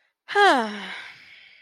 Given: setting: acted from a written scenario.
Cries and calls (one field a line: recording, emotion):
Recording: vocal sound without words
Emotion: contentment